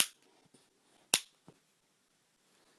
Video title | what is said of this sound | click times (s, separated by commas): Grabbit Case (Imp37b) for the Ipad 2 :: full review, demo, and instalation | and just snap in place with each four corners | 0.0 s, 1.1 s